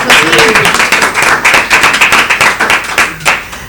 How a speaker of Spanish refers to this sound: Así que por eso siempre presento a mi perro guía, Osin. Vamos a aplaudir, vamos, ¿no?